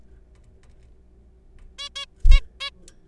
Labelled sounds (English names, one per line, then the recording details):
Zebra Finch
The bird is a juvenile
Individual R3428